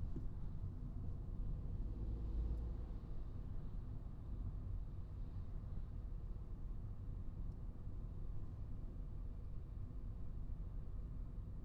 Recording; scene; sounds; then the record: everyday scene through a hearing-aid microphone; in a vehicle; engine, traffic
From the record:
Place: Skoda Fabia, gasoline engine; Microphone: in the ear canal, right